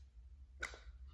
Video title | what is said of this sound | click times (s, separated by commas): Tyler’s Spectre 6 and Blind Knight Chassis Fix | you'll hear it pop just be careful you don't drop it | 0.7 s